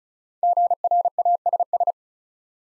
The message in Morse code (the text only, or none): GRASS